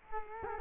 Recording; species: mosquito wingbeat signal from an infrared sensor; Culex quinquefasciatus